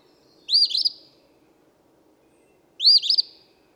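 Eastern phoebe singing two quick burry phrases, each a bright upslurred note followed by a rough fluttering buzz, roughly two seconds apart over quiet background.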